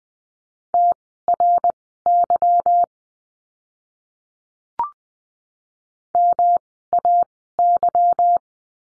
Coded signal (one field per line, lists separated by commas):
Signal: Morse code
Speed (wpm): 20 wpm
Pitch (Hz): 700 Hz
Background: none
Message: TRY MAY